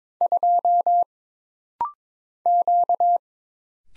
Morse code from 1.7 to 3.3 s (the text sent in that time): Q